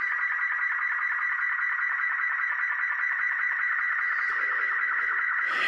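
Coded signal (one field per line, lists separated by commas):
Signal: multi-tone FSK (Olivia or MFSK type)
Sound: continuous warbling, hissy digital tone cluster around 2 kHz, ending in a burst of noise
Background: radio static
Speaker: you can see the small window has popped up where we're actually decoding the transmission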